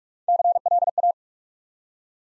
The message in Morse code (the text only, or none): CLA